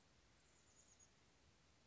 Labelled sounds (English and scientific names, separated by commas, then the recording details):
Chestnut-backed Chickadee (Poecile rufescens)
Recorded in Sonoma County, California